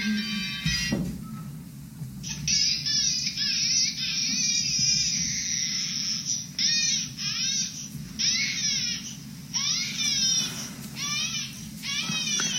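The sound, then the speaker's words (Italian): A baby cries in a run of shrill, wavering wails that rise and fall, broken by short pauses, over a constant low rumbling hum. “Questo pianto non suscita nessuna tenerezza.”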